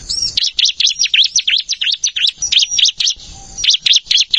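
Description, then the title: Plain prinia giving quick, high, wheezy notes in a rapid repeated run, with one brief pause near the end. "Ciblek Sawah"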